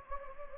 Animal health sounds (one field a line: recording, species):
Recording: mosquito wingbeat signal from an infrared sensor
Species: Anopheles gambiae